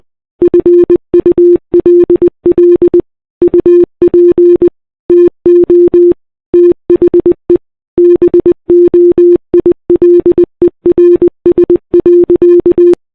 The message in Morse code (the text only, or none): FULL UP TO THE BOILERS.